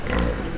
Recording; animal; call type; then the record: contact call of a hoofed animal; wild boar; grunt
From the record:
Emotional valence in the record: positive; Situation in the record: food anticipation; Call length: 0.58 s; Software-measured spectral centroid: 1840 Hz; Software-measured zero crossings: 1400 a second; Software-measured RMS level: -24 dBFS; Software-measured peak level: -10 dBFS